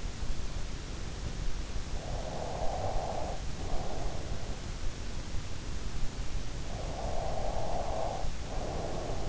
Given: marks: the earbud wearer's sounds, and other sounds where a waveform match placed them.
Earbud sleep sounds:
sounds in sleep by an in-ear microphone; breath
2.28-4.67 s: breath
6.52-9.29 s: breath

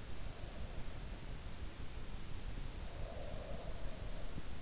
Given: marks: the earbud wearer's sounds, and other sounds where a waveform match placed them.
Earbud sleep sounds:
sounds in sleep by an in-ear microphone; breath
2.82-4.53 s: breath

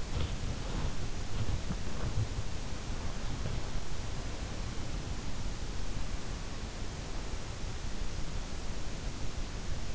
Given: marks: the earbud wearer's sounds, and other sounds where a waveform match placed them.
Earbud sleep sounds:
sounds in sleep by an in-ear microphone; body movement
0.00-4.14 s: body movement

